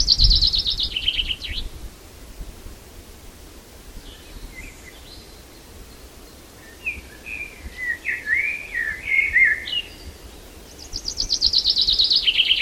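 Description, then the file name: Common chaffinch song: the end of one song at the start and the beginning of another at the end, with softer twittering notes in between. "Fringilla coelebs"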